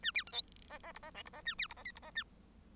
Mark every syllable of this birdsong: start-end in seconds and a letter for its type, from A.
0.02-0.11 A, 0.14-0.23 B, 0.27-0.32 C, 0.32-0.42 D, 0.70-0.78 E, 0.83-0.92 E, 0.94-0.99 F, 1.02-1.10 E, 1.14-1.23 G, 1.25-1.29 F, 1.33-1.41 E, 1.45-1.54 A, 1.58-1.67 B, 1.69-1.74 F, 1.76-1.83 E, 1.85-1.92 H, 1.95-1.99 F, 2.02-2.11 E, 2.15-2.23 A